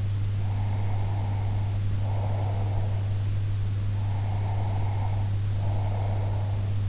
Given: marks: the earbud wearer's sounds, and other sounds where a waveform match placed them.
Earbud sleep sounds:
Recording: sounds in sleep by an in-ear microphone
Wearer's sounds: breath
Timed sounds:
0.47-3.41 s: breath
4.01-6.81 s: breath

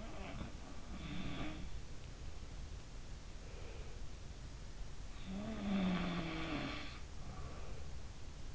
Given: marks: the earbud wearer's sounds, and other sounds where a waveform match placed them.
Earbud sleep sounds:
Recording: sounds in sleep by an in-ear microphone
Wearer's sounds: breath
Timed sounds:
0.00-1.66 s: sound from someone else or the room
3.28-4.13 s: breath
5.41-7.82 s: sound from someone else or the room

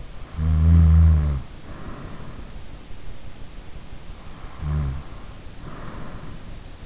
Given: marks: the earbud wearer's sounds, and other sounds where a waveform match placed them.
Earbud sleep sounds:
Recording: sounds in sleep by an in-ear microphone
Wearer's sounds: snoring breath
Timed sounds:
0.26-2.82 s: snoring breath
4.50-6.85 s: snoring breath

